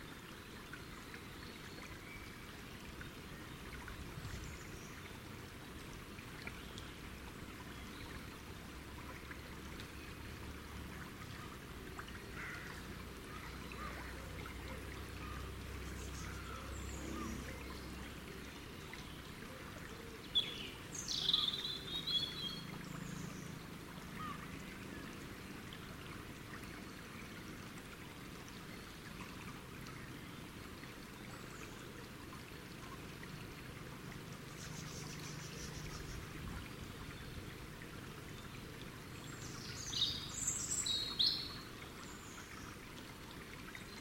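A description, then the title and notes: Birds call now and then in a tropical forest over a steady, dense hiss like running water or light rain. Short bright chirps stand out near 21 seconds and again around 40 seconds, with a faint low rumble drifting underneath. Exotic Birdsong - Birds sounds in Tropical Forest.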